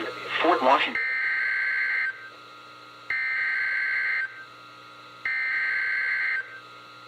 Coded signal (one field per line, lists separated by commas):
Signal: Emergency Alert System (SAME) tones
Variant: header bursts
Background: speech